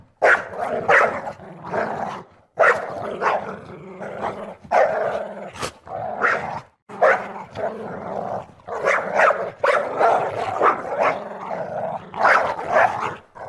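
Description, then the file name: Dog growling and snarling in rough, throaty bursts with brief pauses between. "Tieng cho gam gu"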